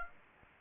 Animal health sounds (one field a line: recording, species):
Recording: mosquito wingbeat signal from an infrared sensor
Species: Aedes aegypti